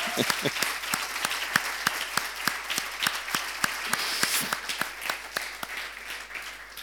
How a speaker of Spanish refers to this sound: ¿Qué tal? ¿Anda bien, eh? Vamos a darle un aplauso, estuvo muy bien.